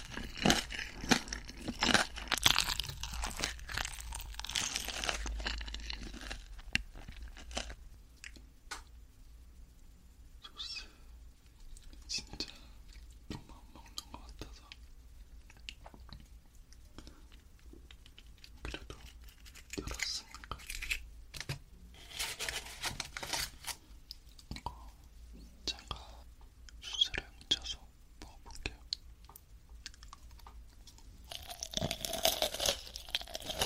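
Chicken being eaten, with sharp crunchy bites and chewing in frequent bursts, soft murmured speech, and a quiet hum underneath.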